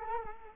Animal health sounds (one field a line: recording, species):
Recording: mosquito wingbeat signal from an infrared sensor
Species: Culex quinquefasciatus